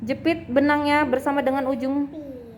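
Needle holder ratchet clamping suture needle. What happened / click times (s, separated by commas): Handled, not yet home: the clamp has not clicked shut / none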